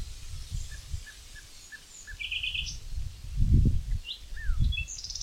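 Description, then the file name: Common nightingale singing: a slow series of soft piping notes, then a buzzy trill and a descending slurred whistle, with intermittent low rumbling. "Luscinia megarhynchos"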